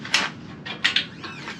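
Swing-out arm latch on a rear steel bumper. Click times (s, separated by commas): 0.1 s, 1.0 s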